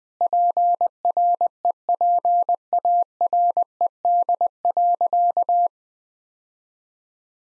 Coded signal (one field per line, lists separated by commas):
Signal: Morse code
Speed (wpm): 20 wpm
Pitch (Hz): 700 Hz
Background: none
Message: PREPARED.